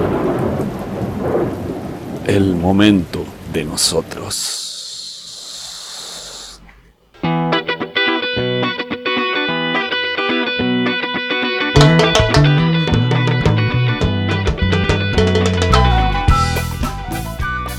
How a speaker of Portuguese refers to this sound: vamos fazer uma ponte aérea diretamente para o sul de nosso continente, com o nosso momento, que é Solta a Vinheta.